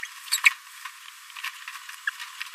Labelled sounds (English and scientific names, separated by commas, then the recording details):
Green-rumped Parrotlet (Forpus passerinus) babbling
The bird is a male
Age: 26 days
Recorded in a nest box in Venezuela
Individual 17B42A3